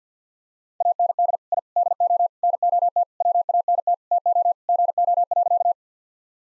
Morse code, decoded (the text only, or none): AND I DO NOT WANT TO GO.